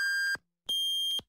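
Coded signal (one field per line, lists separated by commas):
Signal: radio time signal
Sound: a short mid-pitched beep, then a longer higher-pitched beep, clean electronic tones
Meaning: The final longer, higher pip marks the exact start of the hour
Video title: TIME SIGNAL CCTV1 GUI ZHOU XI JIU 19H 2020 08 01 AND MIRROR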